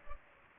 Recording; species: mosquito wingbeat signal from an infrared sensor; Culex pipiens